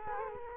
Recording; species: mosquito wingbeat signal from an infrared sensor; Culex quinquefasciatus